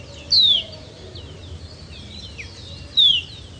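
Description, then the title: Baywing calls: two clear, high, descending whistled notes about two and a half seconds apart, with softer twittering and a low background hum. "LuckyPassaro Completos2Sama. Baywing (Agelaioides badius)"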